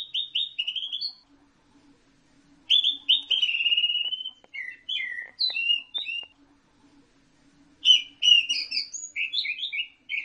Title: Burung Anis Merah